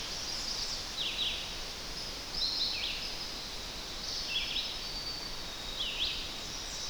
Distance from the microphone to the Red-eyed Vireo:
about 50 m